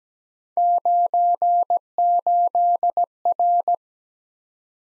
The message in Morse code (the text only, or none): 98R